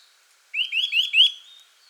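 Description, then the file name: Eurasian nuthatch calls: four quick rising notes in a short burst, each sweeping up sharply, then silence. "Sitta europaea"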